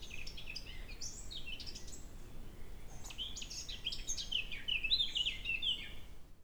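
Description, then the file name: Eurasian blackcap singing a chattering warble that shifts into clearer, louder fluty notes in the second half, with low background noise throughout. "Sylvia atricapilla"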